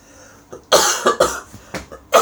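A quick run of about five harsh, dry cough bursts from an adult, uneven in spacing, over roughly a second and a half, with softer throat noises between them. A plain cough, indoors.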